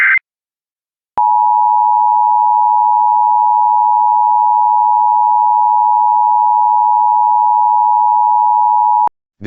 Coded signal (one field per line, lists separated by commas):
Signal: Emergency Alert System (SAME) tones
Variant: 853 and 960 Hz attention tone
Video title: EAS Law Enforcement Warning Denver Area, Colorado for Car Theft (Clear Creek County)